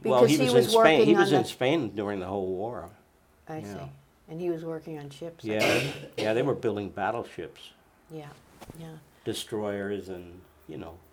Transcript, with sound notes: Well he was in Spain, he was in Spain during the whole war.
I see.
Yeah.
And he was working on ships?
Yeah, (coughs) they were building battleships.
Yeah, yeah.
Destroyers and you know.